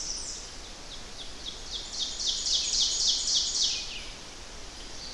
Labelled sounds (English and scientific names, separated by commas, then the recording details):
Ovenbird (Seiurus aurocapilla) song
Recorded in boreal forest in Alberta, Canada, on 10 June 2016 at 06:54
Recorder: SongMeter 3, array SBT-3-39
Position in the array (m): 195 m, 89 m
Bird 17